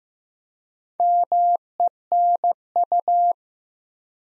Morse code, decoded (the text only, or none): MENU